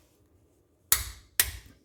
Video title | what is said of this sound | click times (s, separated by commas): Honda Pilot 2019 Differential fluid change with COMPLETE instructions and tips. | did you hear that | 0.9 s, 1.4 s